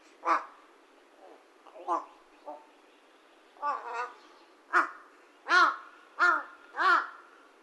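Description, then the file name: Large-billed crow calling: a series of hoarse caws, some soft and some loud, spaced irregularly, ending in several strong calls. Saitama, Japan, 17 September 2021. "hashibutogarasu 210917 saitama"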